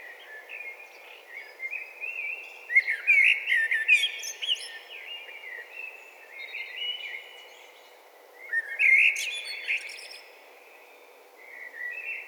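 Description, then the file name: Eurasian blackbird song: mellow warbled phrases around the middle pitch band, with sharp high twittering bursts near three and nine seconds and a steady background hiss. "Turdus merula"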